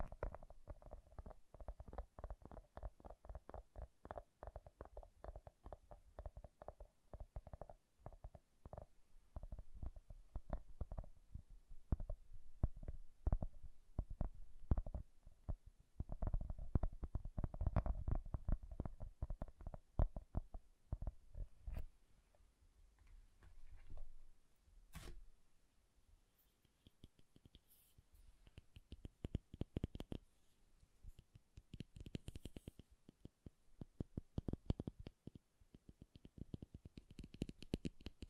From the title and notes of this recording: ASMR Bassy and Soft Tapping Sounds.